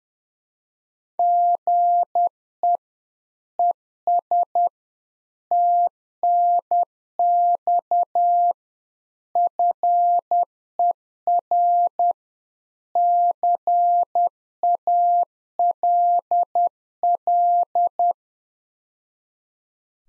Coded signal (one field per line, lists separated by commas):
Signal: Morse code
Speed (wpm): 10 wpm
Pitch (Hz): 700 Hz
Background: none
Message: GE ES TNX FER CALL